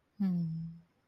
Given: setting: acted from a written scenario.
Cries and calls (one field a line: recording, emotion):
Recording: vocal sound without words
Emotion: serenity